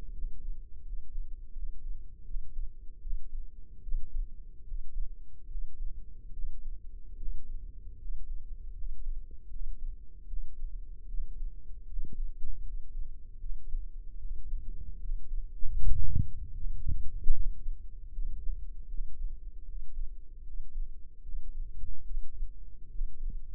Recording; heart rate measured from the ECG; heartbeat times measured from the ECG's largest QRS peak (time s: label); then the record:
heart sounds by microphone in the left ear; 76 bpm
0.12 s: heartbeat
0.82 s: heartbeat
1.52 s: heartbeat
2.24 s: heartbeat
3.00 s: heartbeat
3.82 s: heartbeat
4.64 s: heartbeat
5.47 s: heartbeat
6.32 s: heartbeat
7.16 s: heartbeat
7.98 s: heartbeat
8.74 s: heartbeat
9.49 s: heartbeat
10.27 s: heartbeat
11.07 s: heartbeat
11.86 s: heartbeat
12.62 s: heartbeat
13.39 s: heartbeat
14.18 s: heartbeat
14.99 s: heartbeat
15.76 s: heartbeat
16.54 s: heartbeat
17.33 s: heartbeat
18.12 s: heartbeat
18.88 s: heartbeat
19.65 s: heartbeat
20.43 s: heartbeat
21.22 s: heartbeat
22.04 s: heartbeat
22.89 s: heartbeat
From the record:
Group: healthy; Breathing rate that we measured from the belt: 16 breaths a minute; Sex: male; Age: 35 years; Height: 178 cm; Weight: 64 kg